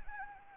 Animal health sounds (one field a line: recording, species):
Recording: mosquito wingbeat signal from an infrared sensor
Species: Anopheles gambiae